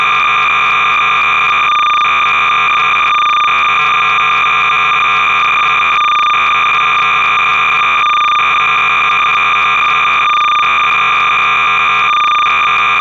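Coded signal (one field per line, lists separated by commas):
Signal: cassette data (Kansas City type)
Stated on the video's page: Kansas City Standard cassette data for the 1976 Microsoft BASIC Star Trek game, generated by text-to-pulse converter software as a recreation of the original tape master.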